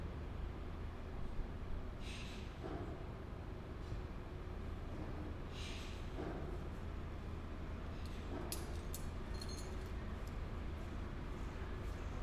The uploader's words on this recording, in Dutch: Cutting down a tree Den Haag. Cutting down a tree in a densely built place; branch by branch, from top to bottom. This particularly tree was sick and treating to fall on a daycare center. Het verwijderen van een boom in een dicht bebouwd gebied; tak voor tak, van boven naar beneden.